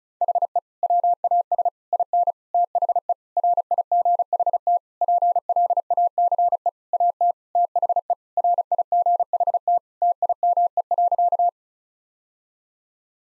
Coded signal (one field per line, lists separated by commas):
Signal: Morse code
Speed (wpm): 34 wpm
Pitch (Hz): 700 Hz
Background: none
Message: HE WAS IN THE RIGHT PLACE AT THE RIGHT TIME.